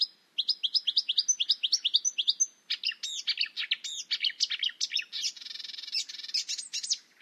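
Bird calls: a fast run of bright, slurred chirps, then a rapid, buzzy, varied twittering that runs without a break to the end.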